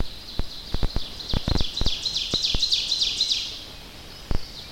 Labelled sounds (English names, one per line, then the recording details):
Ovenbird song
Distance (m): 35 m
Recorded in boreal forest in Alberta, Canada, on 10 June 2016 at 07:50
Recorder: SongMeter 3, array SBT-3-39
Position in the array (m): 325 m, 145 m
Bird 19